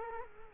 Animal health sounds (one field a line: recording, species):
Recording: mosquito wingbeat signal from an infrared sensor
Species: Culex quinquefasciatus